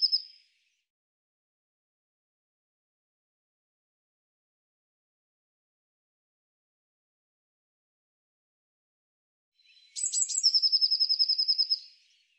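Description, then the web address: Bird song: a brief high note, a long silence, then buzzy introductory notes followed by a rapid, even high trill. "cianscape birddata Deverinetal 2025 File cleaned normalized Bird Cy Ca"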